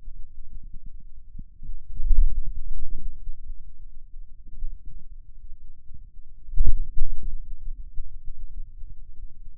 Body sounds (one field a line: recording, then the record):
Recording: forearm muscle sounds (acoustic myography)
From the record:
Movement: ulnar deviation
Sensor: system 2, bracelet of six BSWA MPA416 microphones around the upper forearm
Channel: 5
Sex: male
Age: 22 years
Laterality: right